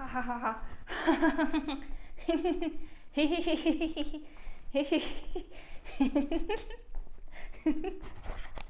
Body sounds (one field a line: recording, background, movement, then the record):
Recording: laughter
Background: quiet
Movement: walking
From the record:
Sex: female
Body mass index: 22.6 kg/m2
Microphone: on the chest, facing outward